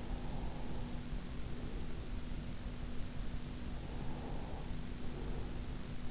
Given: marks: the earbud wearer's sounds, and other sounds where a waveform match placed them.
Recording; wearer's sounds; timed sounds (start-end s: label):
sounds in sleep by an in-ear microphone; breath
0.00-2.23 s: breath
3.99-5.65 s: breath